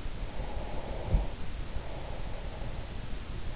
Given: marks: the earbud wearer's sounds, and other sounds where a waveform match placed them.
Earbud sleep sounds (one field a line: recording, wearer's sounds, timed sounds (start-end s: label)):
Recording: sounds in sleep by an in-ear microphone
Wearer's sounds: breath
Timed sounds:
0.17-3.18 s: breath